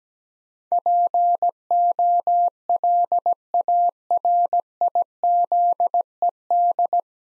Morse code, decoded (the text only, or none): POLARIZED